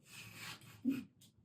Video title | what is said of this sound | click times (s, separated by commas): How to Install Catheter Slide onto Wire Shelving | And then now we should just be able to pop it in place. And now it's locked. | 1.2 s